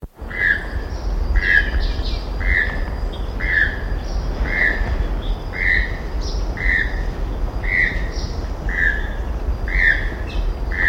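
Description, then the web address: Choco toucan calling with short croaking notes repeated about once a second in a steady series, over a constant low rumbling background. "sound choco-toucan. صدای-پرنده-توکان-چوکو"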